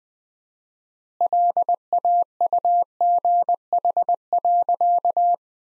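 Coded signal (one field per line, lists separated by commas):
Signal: Morse code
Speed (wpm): 20 wpm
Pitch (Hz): 700 Hz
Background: none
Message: LAUGH.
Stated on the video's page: Morse practice at 20 wpm: sentences from the top 500 words with 4x standard word spacing, a word-level analogue of Farnsworth spacing.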